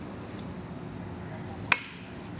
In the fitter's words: once we hear that click we know it's properly torqued